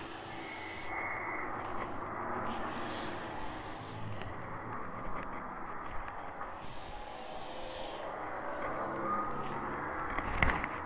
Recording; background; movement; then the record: deep breathing; traffic; walking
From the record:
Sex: female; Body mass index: 36.4 kg/m2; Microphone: on the chest, facing the body